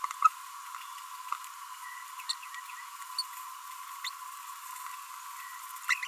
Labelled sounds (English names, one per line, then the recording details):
Green-rumped Parrotlet babbling
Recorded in a nest box in Venezuela
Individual 18B25A5